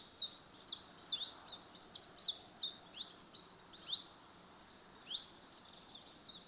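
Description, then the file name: Common chiffchaff song: high, sharp notes alternating slightly in pitch, about three per second, becoming softer and sparser after four seconds; faint background hiss. "Tjiftjaf"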